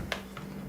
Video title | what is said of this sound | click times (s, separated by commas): How to plan, layout, and drill shelf pin holes - Accurate Predictable Results | अब यह अपनी जगह पर लॉक हो गया है। | 0.1 s